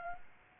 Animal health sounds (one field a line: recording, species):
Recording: mosquito wingbeat signal from an infrared sensor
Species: Aedes aegypti